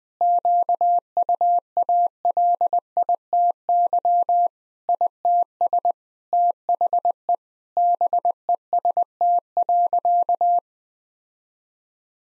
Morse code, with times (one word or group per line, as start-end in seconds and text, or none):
0.2-4.5 QUALITY
4.9-5.9 ITS
6.3-7.3 THE
7.8-10.6 BEST.